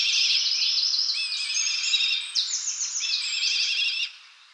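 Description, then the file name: Black kite giving quivering, whinnying trills in quick succession, several wavering phrases overlapping and running together before fading out. "Milan noir"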